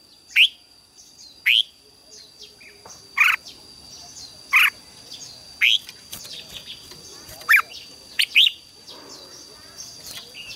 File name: Tieng chao mao hot